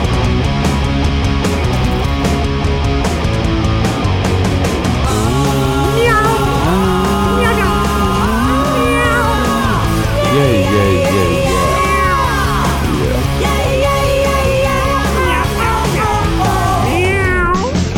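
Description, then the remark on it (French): A loud, upbeat musical jingle for the segment 'Dans les coulisses de la lutte', with a steady beat, joined partway through by a string of sliding, pitch-bending cat meows repeating over the music until the end. “C'est terrible, t'es lutte chat. C'était particulier.”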